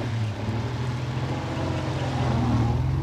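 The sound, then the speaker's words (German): A car drives away, its engine humming in a low, steady drone with rumbling road noise, holding even and swelling slightly louder toward the end, with no voices. “Der Mann, der da wegfährt, ist sehr klug.”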